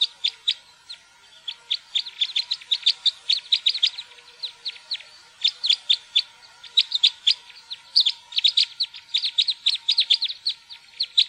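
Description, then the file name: Red crossbill calls: sharp, dry chipping notes in rapid, uneven bursts throughout, with a faint steady hum underneath. "grankorsnebb"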